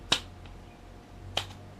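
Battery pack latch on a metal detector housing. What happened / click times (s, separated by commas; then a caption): The latch clicked open / 0.1 s, 1.4 s. The battery pack latch on a Minelab CTX 3030 metal detector housing is worked open after its rubber band is taken off, so it can be cleaned of white sand. Two sharp, snap-like clicks sound at 0.1 s and 1.4 s, and the latch releases.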